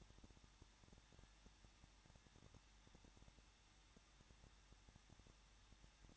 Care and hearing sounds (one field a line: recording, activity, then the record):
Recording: daily activity, microphone in the room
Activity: no activity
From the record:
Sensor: 3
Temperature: 21.2 degrees Celsius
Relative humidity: 36.3%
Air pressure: 1006.3 hPa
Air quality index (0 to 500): 222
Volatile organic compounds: 41 ppm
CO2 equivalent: 3164 ppm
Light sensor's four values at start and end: 2/3/2/2 and 2/3/2/2